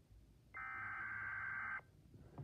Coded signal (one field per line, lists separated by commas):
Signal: Emergency Alert System (SAME) tones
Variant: header bursts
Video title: EAS #4: Winter Storm Warning.